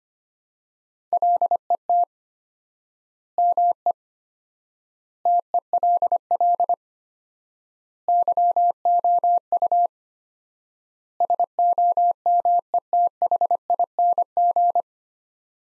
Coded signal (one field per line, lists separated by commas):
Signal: Morse code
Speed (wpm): 25 wpm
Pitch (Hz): 700 Hz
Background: none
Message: LET ME TELL YOU SOMETHING